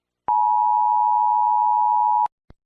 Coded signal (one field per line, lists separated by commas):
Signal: Emergency Alert System (SAME) tones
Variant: 853 and 960 Hz attention tone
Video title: EAS Scenario in America (Nuclear War)